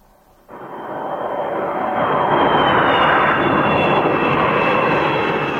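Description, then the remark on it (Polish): A private jet roars overhead in the sky over Glasgow, Scotland, crowded with private jets, its broad engine rumble surging in abruptly, then swelling and holding loud and steady, with a faint high whine gliding above the noise. No one speaks. “Od poniedziałku szkockie niebo nad Glasgow zapełniło się od prywatnych odrzutowców, powodując niemały korek w przestworzach.”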